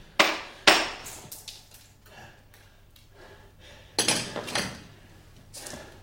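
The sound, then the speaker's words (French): Violent hammer blows struck on Marat's head land in an irregular series of sharp, heavy thuds, two loud strikes first, then softer knocks and another cluster of hard hits, with no talking. “Malais assène de violents coups de marteau sur la tête de Marat.”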